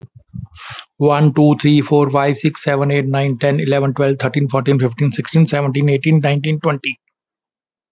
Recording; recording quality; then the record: counting at a fast pace; excellent, no background noise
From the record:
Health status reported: healthy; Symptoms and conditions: hypertension, diabetes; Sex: male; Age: 57 years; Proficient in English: yes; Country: India